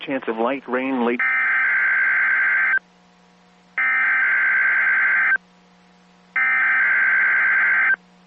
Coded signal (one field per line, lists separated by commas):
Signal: Emergency Alert System (SAME) tones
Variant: header bursts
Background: speech